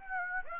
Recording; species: mosquito wingbeat signal from an infrared sensor; Aedes aegypti